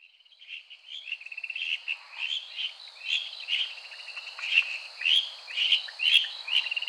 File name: Buergeria japonicus